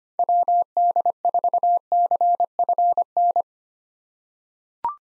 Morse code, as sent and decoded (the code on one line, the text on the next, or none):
.-- -.. ....- -.-. ..-. -.
WD4CFN